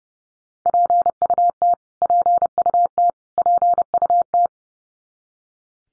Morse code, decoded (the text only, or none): PUT PUT PUT